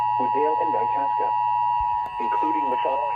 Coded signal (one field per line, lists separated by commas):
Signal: Emergency Alert System (SAME) tones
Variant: 853 and 960 Hz attention tone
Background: speech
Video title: (Xfinity) EAS TORNADO WARNING ON TV!! (5/25/2022) EAS #108 [Chicago, IL]